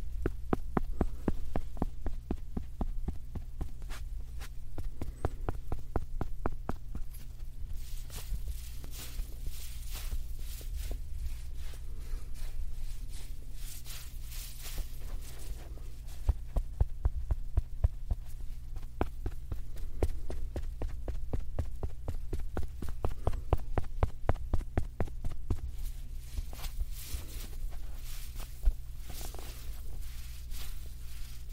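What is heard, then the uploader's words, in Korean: A soft puff is tapped and touched in quick patting strokes that continue for the whole clip, sometimes dense and rapid, sometimes a little sparser. Stretches of brushing, airy rubbing swell in the middle, and a steady low hum sits underneath throughout. ASMR 퍼프 탭핑과 터칭 가득.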